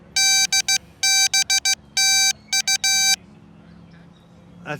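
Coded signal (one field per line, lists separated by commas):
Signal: Morse code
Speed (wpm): 16 wpm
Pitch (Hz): 2350 Hz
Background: speech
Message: DB TU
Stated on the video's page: HF contacts at a club's Saturday park event.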